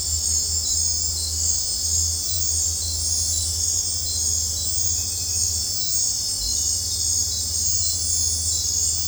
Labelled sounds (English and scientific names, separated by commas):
none